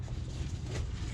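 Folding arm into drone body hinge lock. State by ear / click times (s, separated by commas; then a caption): not seated / none. A folding plastic arm on a Parrot ANAFI Work drone is handled at its hinge lock on the drone body, swung out toward its flight position. Only a low, steady rumble with broadband hiss is heard for about 1.2 seconds, with no distinct clicks. The arm has not yet seated or snapped into place.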